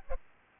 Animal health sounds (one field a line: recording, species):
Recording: mosquito wingbeat signal from an infrared sensor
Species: Aedes albopictus